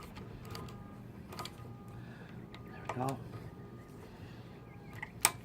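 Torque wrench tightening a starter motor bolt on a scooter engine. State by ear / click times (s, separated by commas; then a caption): torque reached / 5.2 s. A torque wrench set to about 5 foot-pounds (60 inch-pounds) tightens a bolt on a GY6 high-torque starter motor fitted to a scooter engine with an SSP-G 180cc power kit, while someone talks. Faint ratcheting and handling sounds lead up to a single sharp click at 5.3 s, confirming the wrench has reached its set torque.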